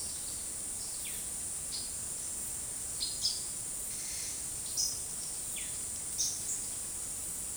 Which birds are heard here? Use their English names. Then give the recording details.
Black-striped Sparrow. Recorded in secondary vegetation near Puerto Asís, Putumayo, Colombia, on 18 February 2024 at 12:30. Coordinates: 0.468, -76.324. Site G6381